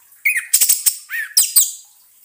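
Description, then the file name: Orange-headed thrush: a brief phrase of buzzy, slurred notes, harsh in tone. Therapy sound meant to restart singing in an orange-headed thrush (anis merah) that has stopped singing (macet bunyi). "terapi suara anis merah macet bunyi"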